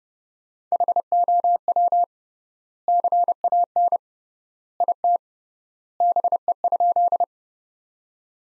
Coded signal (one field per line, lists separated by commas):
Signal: Morse code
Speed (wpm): 29 wpm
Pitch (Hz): 700 Hz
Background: none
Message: HOW CAN IT BE?